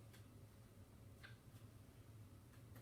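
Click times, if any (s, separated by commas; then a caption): none. A plastic modular connector on a holster is slid onto its mating modular mounting system, with the twist-lock still to come. Only quiet handling is heard over a steady low hum, with a few faint, soft scrapes. Nothing has seated or clicked yet.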